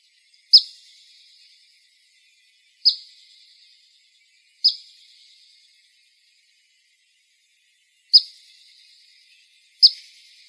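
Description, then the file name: Black phoebe giving sharp, high, clipped chip calls, five single notes spaced irregularly over silence. Calls; Arizona. "BLPH CALLS deviche"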